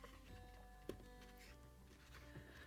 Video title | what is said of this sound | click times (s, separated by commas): Decorated Lantern | So that's one's not actually clicked in yet. | 0.9 s